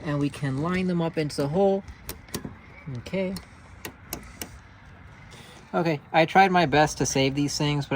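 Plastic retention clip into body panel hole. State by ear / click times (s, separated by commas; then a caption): not seated / none. Reused plastic retention clips are lined up and pushed into their body panel holes while refitting a headlamp assembly on a 2007–2021 Toyota Tundra, with a few short, sharp taps between stretches of talking. Nothing seats or clicks into place: the small tabs on the back of the clips have broken off, so they give no retention and fail to hold.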